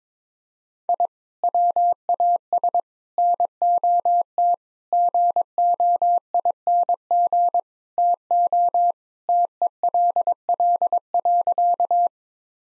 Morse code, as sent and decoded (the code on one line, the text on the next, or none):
.. / .-- .- ... / -. --- - / --. --- .. -. --. / - --- / - . .-.. .-.. .-.-.-
I WAS NOT GOING TO TELL.